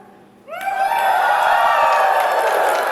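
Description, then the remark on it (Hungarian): After a brief quiet moment, an audience bursts into loud, sustained applause mixed with cheering and whoops, holding steady at full volume to the end. “Ez az, amúgy azt tapsolják, hogy vége van a homofóbiának.”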